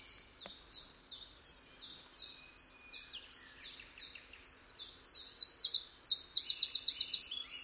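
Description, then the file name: Eurasian wren song opening with a steady series of clear high notes, then breaking into rapid rattling trills and warbles. "Troglodytes troglodytes"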